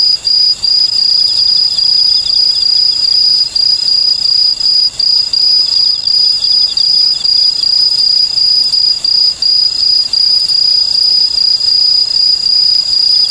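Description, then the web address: Okame cricket song: a dense, steady high trill, with short repeated chirp phrases pulsing over a continuous insect chorus, no other clear sounds. "sikioto insect okamekourogi"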